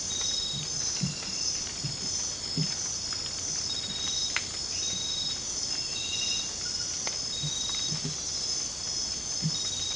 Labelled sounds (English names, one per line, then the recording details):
none
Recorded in dense forest near Puerto Asís, Putumayo, Colombia, on 22 December 2024 at 20:30
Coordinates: 0.484, -76.317
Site G026